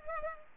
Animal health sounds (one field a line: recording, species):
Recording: mosquito wingbeat signal from an infrared sensor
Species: Culex pipiens